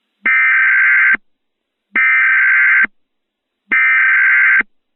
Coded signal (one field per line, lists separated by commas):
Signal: Emergency Alert System (SAME) tones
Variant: header bursts